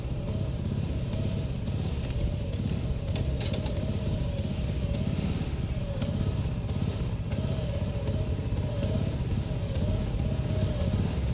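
A threshing machine runs steadily, stripping grain from bundles of straw with a dense, low rumble and a constant mechanical drone. The level stays even throughout, with a faint wavering hum and brief crackling rustles near three and six seconds.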